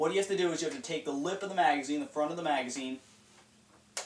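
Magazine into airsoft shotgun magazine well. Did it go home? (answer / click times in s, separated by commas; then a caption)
yes / 4.0 s. A magazine is hooked by its front lip into the magazine well of an A&K 870 spring airsoft shotgun, then pushed forward and all the way up while someone talks. After the talk stops, a loud sharp click at 4.0 s shows the magazine locked in, seated and ready to feed.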